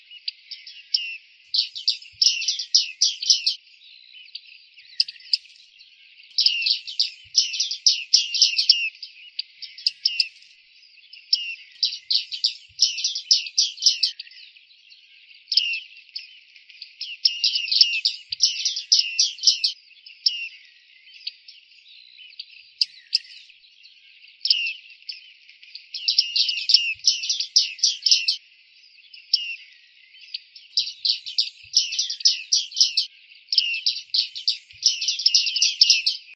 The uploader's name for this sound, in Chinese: 文须雀的叫声